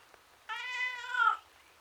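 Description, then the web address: Domestic cat meowing with a single sustained, whining cry that swells toward its end before breaking off, against near silence. Miserable tom cat, male, outdoors. "BBC Sound Effects Library. Miserable Tom Cat"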